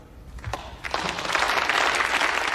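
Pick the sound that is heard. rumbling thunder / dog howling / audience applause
audience applause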